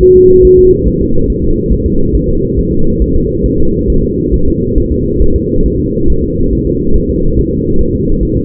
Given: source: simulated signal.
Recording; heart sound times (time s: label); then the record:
fetal heart sounds
0.03 s: S1
0.17 s: S2
0.45 s: S1
0.59 s: S2
0.87 s: S1
1.01 s: S2
1.30 s: S1
1.44 s: S2
1.72 s: S1
1.86 s: S2
2.15 s: S1
2.29 s: S2
2.59 s: S1
2.73 s: S2
3.02 s: S1
3.16 s: S2
3.46 s: S1
3.60 s: S2
3.90 s: S1
4.04 s: S2
4.34 s: S1
4.48 s: S2
4.78 s: S1
4.92 s: S2
5.22 s: S1
5.36 s: S2
5.66 s: S1
5.80 s: S2
6.10 s: S1
6.24 s: S2
6.53 s: S1
6.67 s: S2
6.96 s: S1
7.10 s: S2
7.39 s: S1
7.53 s: S2
7.81 s: S1
7.95 s: S2
8.23 s: S1
8.37 s: S2
From the record:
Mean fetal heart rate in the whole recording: 140 bpm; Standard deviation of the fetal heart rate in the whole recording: 2 bpm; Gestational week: 34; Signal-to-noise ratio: -17.7 dB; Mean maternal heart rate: 72 bpm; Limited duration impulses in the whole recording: present